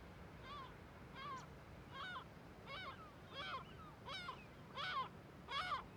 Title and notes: Le Palais des mouettes . Grand Cirque . Kunoy, Îles Féroé. Iles Féroé, KUNOY, nous sommes au dessus la forêt de Viðarlundin í Kunoy, le Cirque est énorme et les mouettes et autres oiseaux se mettent en alerte